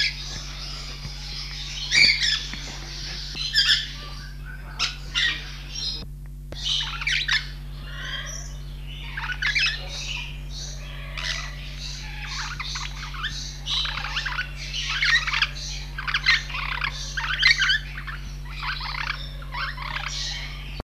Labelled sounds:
Citrine Lorikeet call

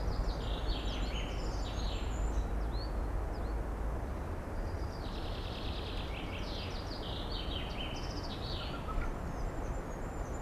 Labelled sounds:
European Green Woodpecker song

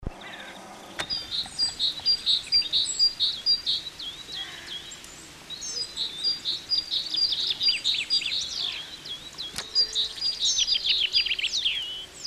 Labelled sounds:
European Greenfinch song

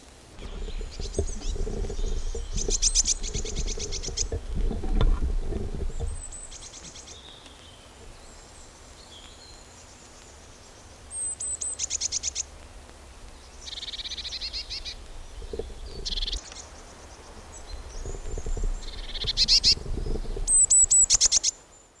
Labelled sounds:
Eurasian Blue Tit

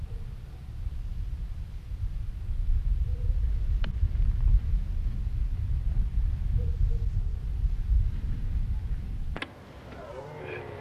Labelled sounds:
Red Deer roaring

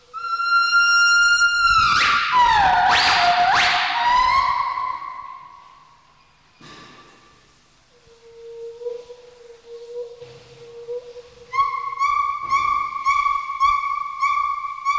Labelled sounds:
Northern White-cheeked Gibbon

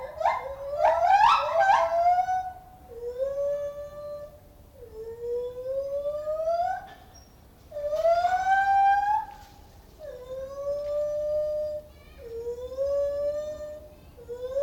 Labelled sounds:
Lar Gibbon call

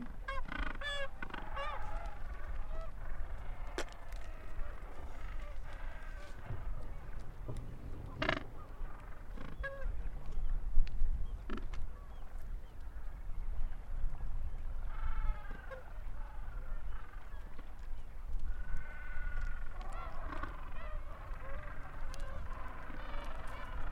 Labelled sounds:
Gentoo Penguin call

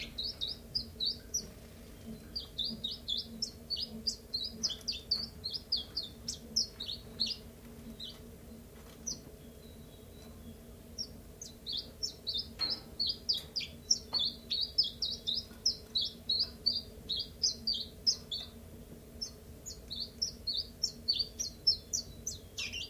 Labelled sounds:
Common Chiffchaff

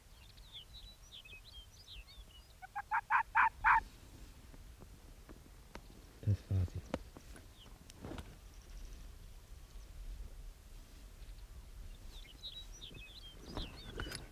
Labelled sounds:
Arctic Fox

